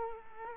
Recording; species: mosquito wingbeat signal from an infrared sensor; Culex quinquefasciatus